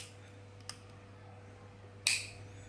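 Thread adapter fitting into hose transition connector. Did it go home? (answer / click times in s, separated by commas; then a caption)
yes / 2.1 s. An American-thread adapter fitting is pushed into the quick transition connector on the hose of a MIMYTH cordless pressure washer. After a faint tick at about 0.7 s, a sharp, bright click sounds at 2.1 s over a steady low hum. The fitting seats and is fully secured.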